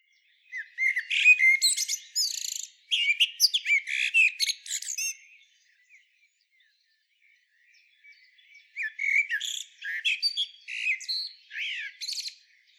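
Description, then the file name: Common blackbird: a long run of loud chirps and squeaky twitters, a silent gap, then another varied run ending in sweeping notes. "Turdus merula"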